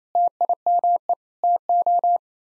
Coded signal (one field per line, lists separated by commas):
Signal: Morse code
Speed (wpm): 28 wpm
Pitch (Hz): 700 Hz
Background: none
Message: TIME TO